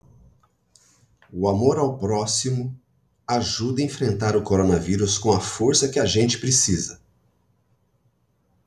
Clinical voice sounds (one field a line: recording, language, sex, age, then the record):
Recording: spoken sentence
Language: Brazilian Portuguese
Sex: male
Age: 50 to 59 years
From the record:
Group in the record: control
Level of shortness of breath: 0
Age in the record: 50 years